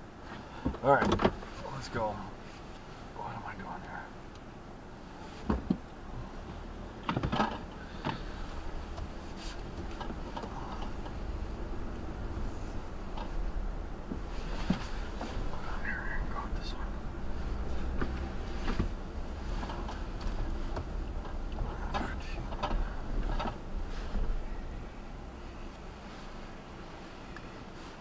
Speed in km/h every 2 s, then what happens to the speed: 0, 0, 0, 0, 8, 13, 13, 11, 16, 16, 15, 13, 0, 0.
0-6 standing. 6-9 pulls away to 13. 9-22 steady at about 13. 22-24 brakes to 0. 24-28 standing.